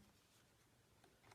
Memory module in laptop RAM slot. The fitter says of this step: you can hear a pop and be